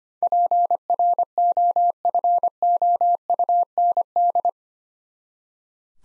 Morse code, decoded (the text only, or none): PROFOUND